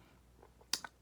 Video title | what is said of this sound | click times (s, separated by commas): Tools for Remote Teaching | this is not elastic this actually clicks into place | 0.7 s